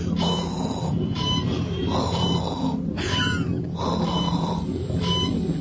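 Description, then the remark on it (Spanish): Heavy, rasping respirator breathing repeats in a slow, steady rhythm, several hissing inhales and exhales following one another, loud and continuous with no voices. “Tenemos a Barack Obama Vader aquí. Respirando.”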